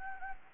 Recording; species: mosquito wingbeat signal from an infrared sensor; Anopheles gambiae